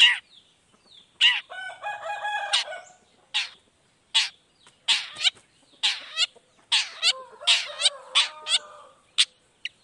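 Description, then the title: Long-tailed shrike giving harsh, scratchy notes mixed with nasal, harmonic drawn-out calls, delivered in irregular bursts with short pauses between them. Cendet heard in the morning, singing chattily ('gacor') with a 'toet toet' variation; played to make other shrikes respond quickly. "Langsung NYAUTTTTT ! Cendet Gacor Dor Di Kala Pagi Toet Toet Variasi Suara J. Cendet Gacor Langsung Nyaut Emosi Hanya dengan Sekali Putar Bikin Cendet Lainya Cepat Respon Bunyi"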